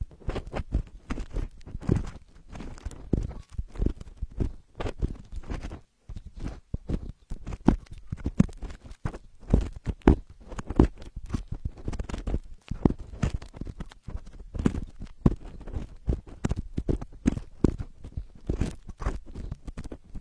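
Dry ear-cleaning scrapes and taps crackle in quick, irregular bursts throughout, with soft thumping undertones and brief pauses between strokes.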